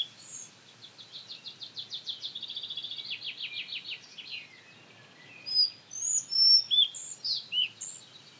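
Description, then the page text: Collared flycatcher song: a fast, rattling trill of repeated high notes, then a series of thin, squeaky whistles at varied pitches. "Jelmer Poelstra - Мухоловка-белошейка (Ficedula albicollis)"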